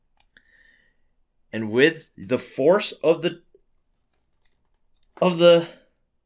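The plastic arm peg of a replacement arm from an upgrade kit for an S.H. Figuarts Future Gohan action figure is lined up with the figure's shoulder socket and handled with pliers, with a few faint plastic ticks. Someone talks through most of the clip. Nothing has seated or clicked yet.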